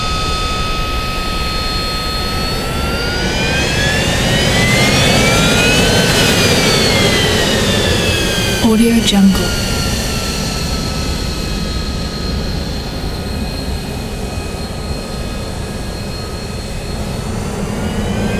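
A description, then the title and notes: A fighter jet roars through a dense, steady low rumble, its high engine whine climbing in pitch until about six seconds, then sliding back down as the noise eases slightly. A brief knock or thump cuts through near the nine-second mark. Fighter Jet Take Off Sound Effect.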